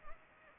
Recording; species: mosquito wingbeat signal from an infrared sensor; Anopheles arabiensis